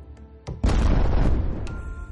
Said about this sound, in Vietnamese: Một tiếng nổ đùng vang lên cả trời đất, nước bắn thành cột lên cao trên không trung.